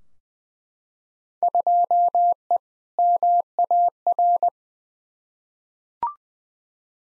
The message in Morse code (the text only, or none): 2E MAR